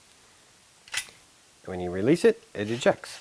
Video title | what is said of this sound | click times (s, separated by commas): Two very different Teac FD-55GFR drives discovered during a test and clean session. | it'll lock into place then you can lock the drive | 0.9 s